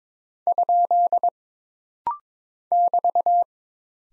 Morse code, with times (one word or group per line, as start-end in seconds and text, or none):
0.5-1.3 ?
2.7-3.4 <BT>